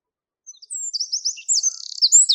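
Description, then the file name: Eurasian wren song, a burst of very high, rapid chattering notes and sharp twitters tumbling quickly together after a brief silence, with no other sounds. "krapivnik"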